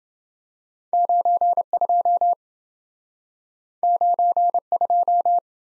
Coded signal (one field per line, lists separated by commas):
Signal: Morse code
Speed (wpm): 27 wpm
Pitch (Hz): 700 Hz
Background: none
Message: 92 92